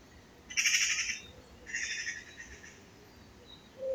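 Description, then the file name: Eurasian magpie making two short harsh, grating rattles, the second softer, with a faint bird note at the close. "Pica pica"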